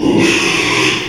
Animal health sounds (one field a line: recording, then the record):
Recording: squeal of a Yucatan mini pig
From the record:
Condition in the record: after surgery on the right vocal fold (resection and tissue-engineered implant)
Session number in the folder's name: 1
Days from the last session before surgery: 6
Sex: male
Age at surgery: 12 weeks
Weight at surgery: 13 kg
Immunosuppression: cyclosporine, prednisolone